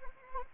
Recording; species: mosquito wingbeat signal from an infrared sensor; Anopheles arabiensis